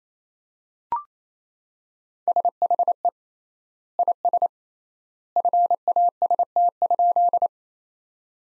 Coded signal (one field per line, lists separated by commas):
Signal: Morse code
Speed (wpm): 27 wpm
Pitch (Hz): 700 Hz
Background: none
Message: SHE IS FAST?